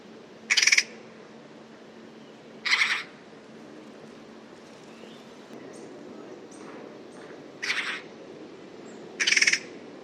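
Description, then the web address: Bird calls: four brief, buzzy pulsed bursts at irregular gaps, with faint high notes between, over steady background hiss. Call written as 'pi pi pi pi'. "cianscape birddata Deverinetal"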